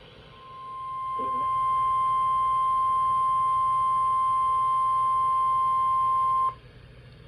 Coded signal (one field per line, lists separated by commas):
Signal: Emergency Alert System (SAME) tones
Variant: 1050 Hz attention tone